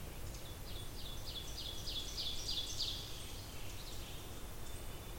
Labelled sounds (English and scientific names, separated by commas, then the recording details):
Ovenbird (Seiurus aurocapilla) song
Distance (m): 55 m
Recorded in boreal forest in Alberta, Canada, on 20 June 2016 at 08:26
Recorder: SongMeter 3, array SBT-6-81
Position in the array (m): 144 m, 206 m
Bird 25